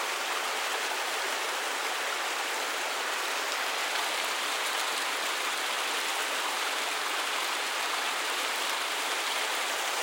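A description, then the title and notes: A rushing stream pours steadily through a canyon, its sound a dense, unbroken hiss much like white noise. The roar is bright and airy, with little low rumble, and it holds the same level throughout without distinct splashes or pauses. Rushing Stream in California. A rushing stream that emulates white noise. As the snow melts in a snow-capped mountain in Southern California, the stream bustles through the canyon, creating a serious sound.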